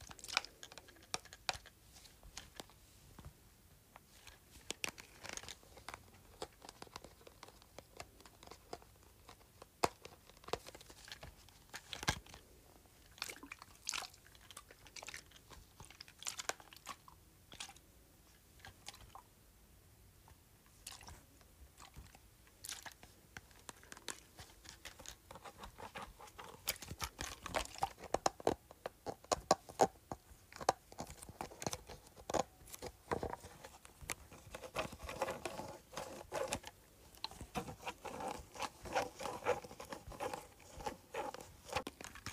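A plastic bottle holding a little water is handled, giving irregular crackles, taps and crinkles throughout. The sounds come in uneven bursts, growing busier and brighter after about the halfway point, with faint sloshing between the sharper clicks.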